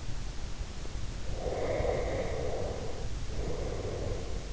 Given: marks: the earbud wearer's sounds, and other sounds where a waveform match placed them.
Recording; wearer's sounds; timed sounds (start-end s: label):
sounds in sleep by an in-ear microphone; breath
1.22-4.47 s: breath